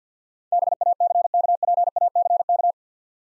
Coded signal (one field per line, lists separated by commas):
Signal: Morse code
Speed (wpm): 53 wpm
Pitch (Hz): 700 Hz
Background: none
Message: BACKPACK